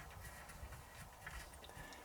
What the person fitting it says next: i heard it click in there